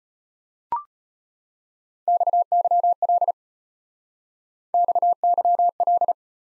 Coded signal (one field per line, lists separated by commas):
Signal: Morse code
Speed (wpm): 33 wpm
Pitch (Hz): 700 Hz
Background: none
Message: XYL XYL